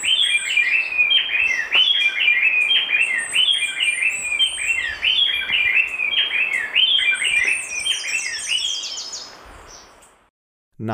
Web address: Natures Songs S America Birds of Ecuador Gray-breasted Wood-Wren (lower subtropical)